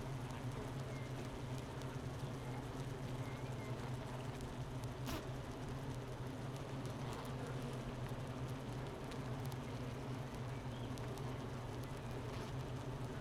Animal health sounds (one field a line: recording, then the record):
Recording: honeybee colony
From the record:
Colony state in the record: missing queen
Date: 31 May 2018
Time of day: 10:40